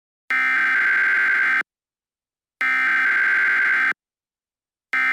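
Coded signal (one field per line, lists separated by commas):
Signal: Emergency Alert System (SAME) tones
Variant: header bursts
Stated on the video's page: Mock EAS scenario, not a real alert.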